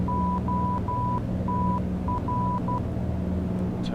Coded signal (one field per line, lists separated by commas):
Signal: Morse code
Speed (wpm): 12 wpm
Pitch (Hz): 990 Hz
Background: speech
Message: OTR